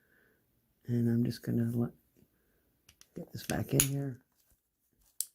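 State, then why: Seated. Someone talks while the small circuit board of a dash push-button garage door switch for a Subaru Crosstrek/Forester is pressed back into its plastic housing with both tabs lined up. A single sharp snap is heard at 5.2 s as the board snaps into place in the housing.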